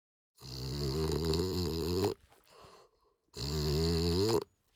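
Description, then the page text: French Bulldog making two drawn-out snoring snorts, the first nearly two seconds long and the second about one second, harsh and rattling, with a soft breathy gap between them. "French Bulldog Snort Sequence. Quick Sounds"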